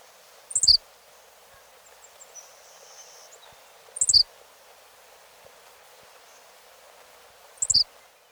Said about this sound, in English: The vesper sparrow will stop singing as it grows darker, but the vivacious henslow sparrow continues its insect-like call on through the night.